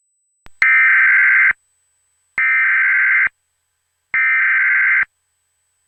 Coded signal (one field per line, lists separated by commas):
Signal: Emergency Alert System (SAME) tones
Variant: header bursts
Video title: EAS Scenario: Angels [The Complete Series] #eas #easscenario